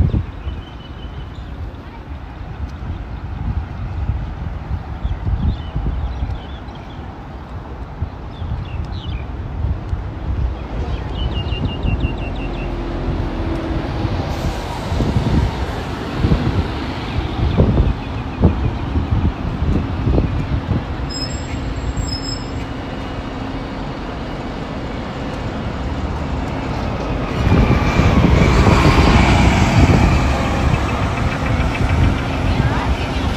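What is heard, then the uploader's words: A walk through Modiin, Israel, with steady traffic rumble and wind buffeting, a brief high beep near twenty seconds, and louder passing vehicles toward the end. Walking In Modiin, Israel.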